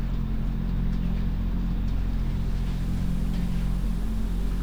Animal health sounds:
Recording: poultry house recording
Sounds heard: no chicken sound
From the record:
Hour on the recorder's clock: 22

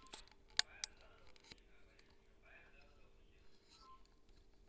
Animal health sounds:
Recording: poultry house recording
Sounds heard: no chicken sound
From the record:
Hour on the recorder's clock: 16

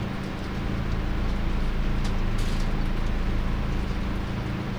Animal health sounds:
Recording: poultry house recording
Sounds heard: no chicken sound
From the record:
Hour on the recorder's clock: 21

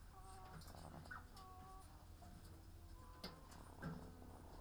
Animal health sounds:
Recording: poultry house recording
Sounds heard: sick chickens (respiratory disease)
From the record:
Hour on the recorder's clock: 15

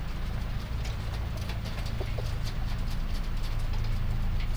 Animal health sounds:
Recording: poultry house recording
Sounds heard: healthy chickens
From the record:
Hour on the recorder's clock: 0

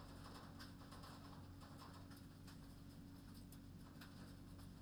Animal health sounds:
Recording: poultry house recording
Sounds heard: no chicken sound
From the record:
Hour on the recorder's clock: 0

